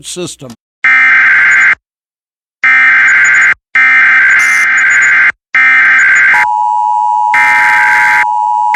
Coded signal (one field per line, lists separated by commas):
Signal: Emergency Alert System (SAME) tones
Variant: header bursts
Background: speech